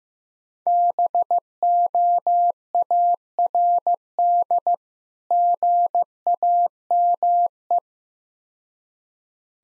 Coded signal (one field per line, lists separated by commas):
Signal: Morse code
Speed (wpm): 15 wpm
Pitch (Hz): 700 Hz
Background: none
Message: BOARD GAME